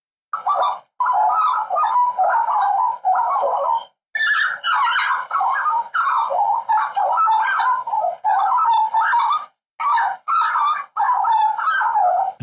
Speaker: For anyone who doesn't know what a magpie is, this is what they sound like.